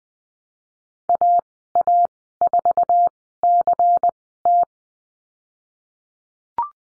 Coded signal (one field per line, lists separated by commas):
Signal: Morse code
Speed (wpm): 20 wpm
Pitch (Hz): 700 Hz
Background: none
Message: AA4CT